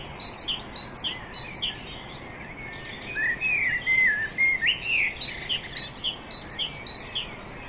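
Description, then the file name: Common blackbird calls, evenly spaced sharp chirps at the start, a stretch of scratchy, sliding notes in the middle, then regular chirping again. "Turdus merula"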